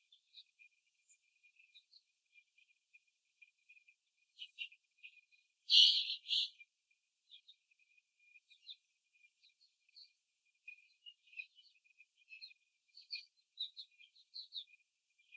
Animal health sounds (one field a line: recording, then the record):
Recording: young laying hens in a cage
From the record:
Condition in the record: before the stressor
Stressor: simulated dog barking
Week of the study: 3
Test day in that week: 2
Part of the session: 2